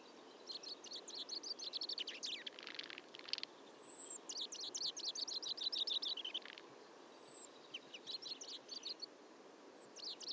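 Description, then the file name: Common chaffinch song: fast rattling phrases sliding downward, repeated a few times, with thin high descending whistles between them and a steady background hiss. "Fringilla coelebs"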